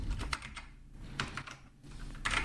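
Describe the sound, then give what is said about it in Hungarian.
Quick clusters of clicky keystrokes on a PC computer keyboard while loading a program, tapping in short bursts with brief pauses between, steady and moderately loud over a low background hum. “Mindjárt betöltjük. Természetesen a PC-s billentyűzetemmel, mint aztán korábban említettem, mindig bajom van itt a Wise-ba.”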